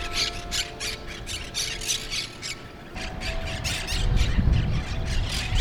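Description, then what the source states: Monk parakeets giving harsh, raspy squawks in a rapid, uneven chatter of about three per second, with low rumbling traffic-like noise underneath that swells near the end. Recorded in Brooklyn; birds referred to as Brooklyn parrots.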